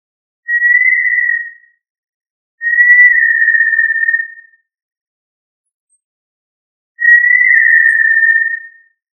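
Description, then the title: Tinamou giving three clear, drawn-out whistles, each over a second long with a faint downward slur, separated by irregular pauses in otherwise quiet surroundings. "Familia Tinamidae - Quail - Puyuh"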